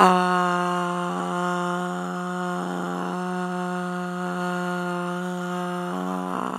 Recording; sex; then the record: sustained vowel /a/; female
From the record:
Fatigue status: fatigue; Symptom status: symptomatic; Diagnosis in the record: COVID-19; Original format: m4a